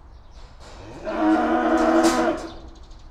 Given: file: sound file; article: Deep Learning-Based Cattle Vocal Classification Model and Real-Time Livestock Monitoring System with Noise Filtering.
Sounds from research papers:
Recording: cattle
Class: estrus call

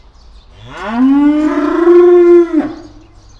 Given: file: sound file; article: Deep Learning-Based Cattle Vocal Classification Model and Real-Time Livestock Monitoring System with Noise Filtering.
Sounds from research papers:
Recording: cattle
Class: estrus call

